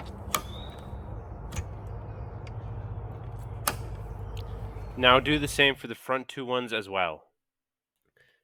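The two rear over-centre latches on the pop-up roof of a Tune M1 truck camper are pressed down and lock shut, giving two sharp clicks, one per latch, at 0.3 s and 3.7 s over a steady low hum. Someone then talks. Both latches are seated and locked closed.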